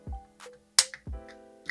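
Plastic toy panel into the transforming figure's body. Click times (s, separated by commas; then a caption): 0.8 s. During the transformation of a Studio Series '86 Commander Class Ultra Magnus Transformers figure into vehicle mode, a plastic leg/knee section is flipped up and pushed into the figure's body, because it was not lining up. A sharp, loud click at 0.8 s stands out over a steady tonal background and soft low thumps near 0.1 s and 1.1 s. The part seats into place.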